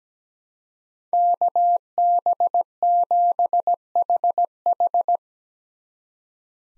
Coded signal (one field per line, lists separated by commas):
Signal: Morse code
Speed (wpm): 17 wpm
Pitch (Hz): 700 Hz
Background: none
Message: KB7HH